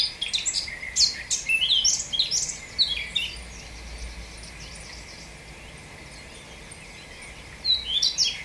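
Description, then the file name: Eurasian blackcap song: a lively three-second run of jumbled chirps and slurs, then near silence, with a brief new phrase starting at the end. "Sylvia atricapilla"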